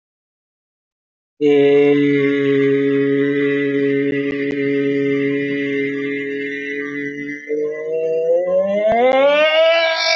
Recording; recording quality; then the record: sustained vowel as in made; excellent, no background noise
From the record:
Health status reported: healthy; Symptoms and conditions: none ticked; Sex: male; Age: 30 years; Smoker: not ticked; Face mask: not worn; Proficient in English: yes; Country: India